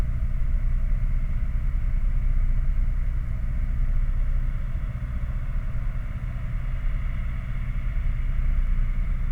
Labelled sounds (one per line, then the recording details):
machinery
flare stack
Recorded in the Prudhoe Bay oil fields, Alaska, on 11 August 2019 at 22:23
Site 29